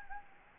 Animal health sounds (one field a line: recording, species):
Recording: mosquito wingbeat signal from an infrared sensor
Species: Anopheles gambiae